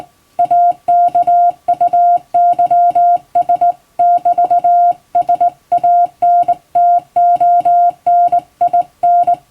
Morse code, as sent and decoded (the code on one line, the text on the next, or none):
.- -.- ..- -.-- ... -...- ... .- -. - --- -. .. -.
AKUYS<BT>SANTONIN